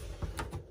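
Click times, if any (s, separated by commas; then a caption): 0.4 s. A caravan window is closed and its inside latch is turned so it locks into the window frame. A low thud at about 0.2 s is followed by a short, sharp click at 0.4 s as the latch seats, with the latch locked shut.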